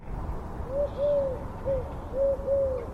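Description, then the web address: Eurasian collared dove cooing: five soft, hollow coos over low background rumble. "Deverinetal 2025. Bird Only"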